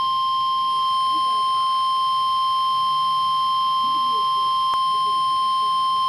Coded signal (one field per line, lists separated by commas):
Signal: Emergency Alert System (SAME) tones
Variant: 1050 Hz attention tone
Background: speech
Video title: Weather Radio EAS #79 (Severe Thunderstorm Warning)